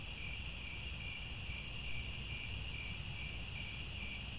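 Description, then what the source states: Cricket: a constant chorus of crickets, shrill overlapping trills that never pause, with quiet low-frequency noise. Chorus of many crickets chirping at twilight as the sun sets.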